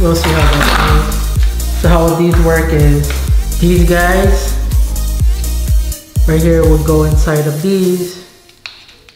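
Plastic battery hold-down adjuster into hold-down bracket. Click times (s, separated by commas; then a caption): 8.7 s. Someone talks over background music while a plastic adjustable battery hold-down piece, which adjusts to the battery's thickness, is pushed into its slots in the hold-down bracket during a battery upgrade on a 2011 Acura TSX. A sharp tap is heard at 8.7 s as the piece snaps into place and seats.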